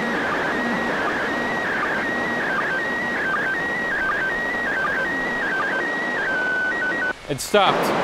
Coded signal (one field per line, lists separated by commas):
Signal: SSTV (slow-scan television)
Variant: PD 180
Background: speech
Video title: Perfect ISS SSTV Images... Almost! - ISS SSTV April 2016 Video #2